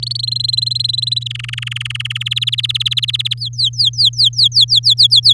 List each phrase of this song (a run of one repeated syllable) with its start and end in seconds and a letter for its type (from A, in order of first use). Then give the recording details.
0.02-0.21 A, 0.23-1.24 B, 1.26-2.29 C, 2.31-3.34 D, 3.37-5.33 E. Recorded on 8 May 2018 at 12:55. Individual llb16